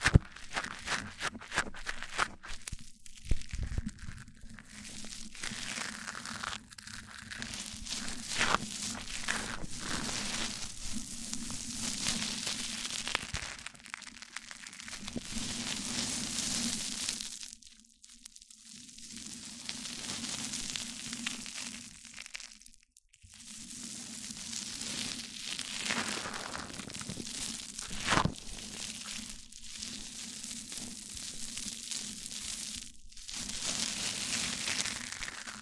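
Mic-on-mic triggers: scratchy rubbing and crinkling handled right against the microphone, dense and bright with a steady low hum under it. Brief dead-silent gaps break the sound near 18 and 23 seconds, with sharp taps and bumps scattered throughout.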